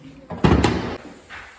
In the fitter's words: You just lay it in there and push that up till it clicks.